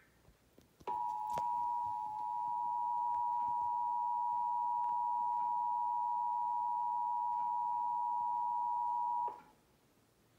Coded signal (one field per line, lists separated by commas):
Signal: Emergency Alert System (SAME) tones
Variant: 853 and 960 Hz attention tone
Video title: EAS Child Abduction Emergency 6/10/19